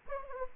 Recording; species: mosquito wingbeat signal from an infrared sensor; Anopheles arabiensis